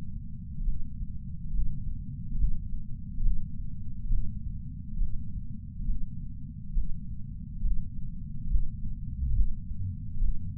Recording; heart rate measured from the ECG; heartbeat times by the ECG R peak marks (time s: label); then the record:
heart sounds by patch sensor on the chest; 69 bpm
0.65 s: heartbeat
1.52 s: heartbeat
2.38 s: heartbeat
3.23 s: heartbeat
4.09 s: heartbeat
4.99 s: heartbeat
5.87 s: heartbeat
6.75 s: heartbeat
7.62 s: heartbeat
8.49 s: heartbeat
9.34 s: heartbeat
10.20 s: heartbeat
From the record:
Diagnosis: coronary artery disease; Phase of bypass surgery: preoperative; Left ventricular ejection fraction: 61.9%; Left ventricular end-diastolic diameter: 48 mm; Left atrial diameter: 36 mm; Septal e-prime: 9.5 cm/s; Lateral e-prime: 18.5 cm/s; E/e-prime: 6.6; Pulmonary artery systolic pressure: 30 mmHg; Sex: male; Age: 59 years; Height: 175 cm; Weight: 76 kg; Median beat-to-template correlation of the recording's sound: 0.85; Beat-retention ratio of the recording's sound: 0.99